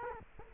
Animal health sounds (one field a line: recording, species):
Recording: mosquito wingbeat signal from an infrared sensor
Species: Culex quinquefasciatus